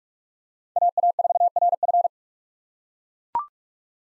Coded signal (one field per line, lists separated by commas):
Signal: Morse code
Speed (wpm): 43 wpm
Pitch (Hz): 700 Hz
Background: none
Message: AA4RF